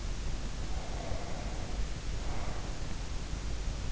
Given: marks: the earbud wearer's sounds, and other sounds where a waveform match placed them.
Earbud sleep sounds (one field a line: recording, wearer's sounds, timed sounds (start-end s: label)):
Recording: sounds in sleep by an in-ear microphone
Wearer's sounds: breath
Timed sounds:
0.12-3.14 s: breath